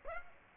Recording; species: mosquito wingbeat signal from an infrared sensor; Aedes aegypti